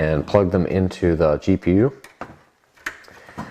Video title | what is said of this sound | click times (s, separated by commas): Kaby Lake i5 Custom PC Build (2018) | Once they're snapped in place, let's move on to the USB front panel port | 2.2 s, 2.9 s